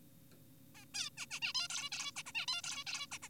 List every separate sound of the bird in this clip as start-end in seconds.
0.75-0.85, 0.94-1.10, 1.18-1.26, 1.31-1.40, 1.42-1.53, 1.55-1.68, 1.70-1.90, 1.92-2.12, 2.16-2.23, 2.26-2.32, 2.35-2.46, 2.48-2.62, 2.64-2.84, 2.87-3.07, 3.12-3.18, 3.22-3.29